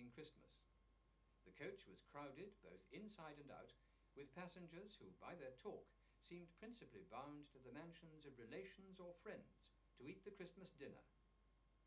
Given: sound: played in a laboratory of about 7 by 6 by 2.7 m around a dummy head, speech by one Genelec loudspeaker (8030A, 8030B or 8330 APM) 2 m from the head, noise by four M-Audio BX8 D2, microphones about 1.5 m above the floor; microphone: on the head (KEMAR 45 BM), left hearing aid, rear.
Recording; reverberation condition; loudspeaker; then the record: male speech in English; low; 30 degrees to the left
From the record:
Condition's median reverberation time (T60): about 310 ms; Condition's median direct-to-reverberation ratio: about 3.5 dB